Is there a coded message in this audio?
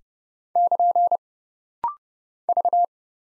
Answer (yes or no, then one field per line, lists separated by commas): yes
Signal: Morse code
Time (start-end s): 0.6-2.9 s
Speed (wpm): 30 wpm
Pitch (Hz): 700 Hz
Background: none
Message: <KN> V